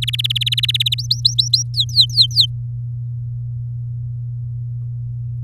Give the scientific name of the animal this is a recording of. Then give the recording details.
Serinus canaria. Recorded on 7 May 2018 at 16:03. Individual llb16